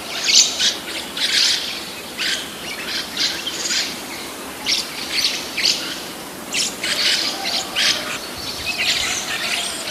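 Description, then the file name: Lorikeet giving harsh, high screeches in quick irregular bursts. "Лори -Лорикет -Попугай -Голоса-птиц"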